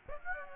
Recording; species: mosquito wingbeat signal from an infrared sensor; Aedes aegypti